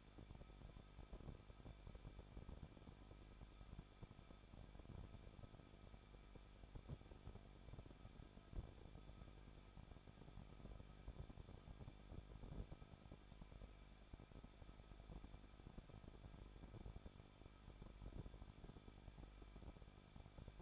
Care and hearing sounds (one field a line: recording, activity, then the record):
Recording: daily activity, microphone in the room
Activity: no activity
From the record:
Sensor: 5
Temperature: 20.8 degrees Celsius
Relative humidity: 38.2%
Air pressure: 1006.4 hPa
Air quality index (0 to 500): 189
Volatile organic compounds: 19 ppm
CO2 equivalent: 2661 ppm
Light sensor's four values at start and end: 2/3/1/1 and 2/3/1/1